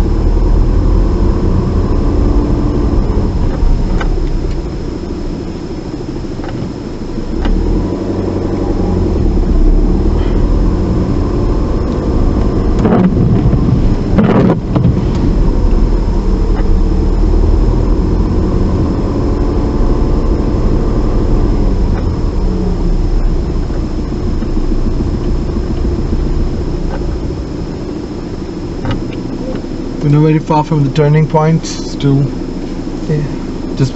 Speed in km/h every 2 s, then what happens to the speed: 11, 5, 0, 2, 10, 13, 11, 10, 11, 13, 10, 6, 6, 0, 0, 0, 0.
1-3 brakes to 0. 3-6 standing. 6-10 pulls away to 13. 10-19 steady at about 11. 19-26 slows to 0. 26-34 standing.